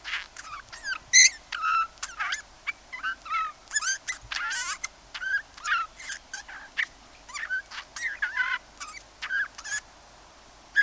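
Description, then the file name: Eurasian bullfinch calls, a busy string of short piping whistles and harsher buzzy notes, one louder burst near one second, continuing irregularly to the end. "Pyrrhula pyrrhula"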